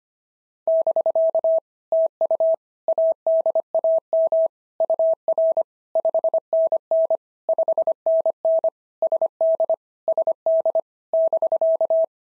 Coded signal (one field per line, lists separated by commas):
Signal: Morse code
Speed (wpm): 24 wpm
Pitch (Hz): 650 Hz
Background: none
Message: <BK> TU ADAM UR 5NN 5NN SD SD <BK>